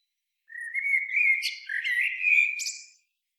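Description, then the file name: Eurasian blackbird singing one rich warbled phrase, low flute-like notes rising into thin scratchy high twitters at the end, no other sounds. "Turdus merula"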